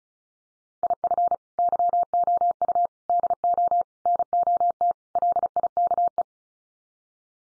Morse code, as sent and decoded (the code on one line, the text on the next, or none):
.. ..-. / -.-- --- ..- / -.. --- / -. --- - / .-.. .. -.- .
IF YOU DO NOT LIKE